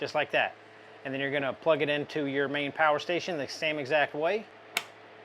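Someone talks while handling the expansion cable plug for a Bluetti AC60 / B80 combo, about to plug it into the main power station's expansion port. A brief sharp sound comes near 4.8 s as the talking stops. The connector has not clicked or seated in the port yet.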